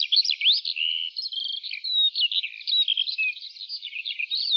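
Lark singing a dense, fast jumble of high whistles, trills and chirps with no breaks.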